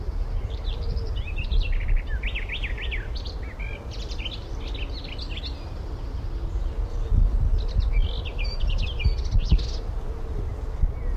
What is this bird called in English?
Garden Warbler